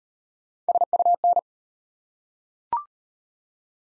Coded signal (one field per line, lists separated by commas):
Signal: Morse code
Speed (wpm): 38 wpm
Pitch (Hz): 700 Hz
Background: none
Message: SUN